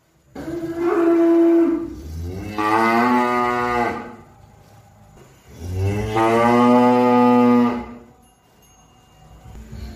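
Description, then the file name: Cow lowing in two long moos, each starting with a short lead-in sound and swelling into a steady, loud bellow. "suara sapi"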